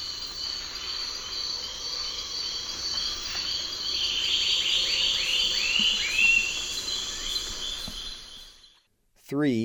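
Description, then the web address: Lunulated antbird calling: a run of arched whistled notes over a steady high insect drone, followed by a brief different sound at the end. Recorded in the eastern lowlands of South America. "Natures Songs S America Eastern Lowlands. Lunulated Antbird"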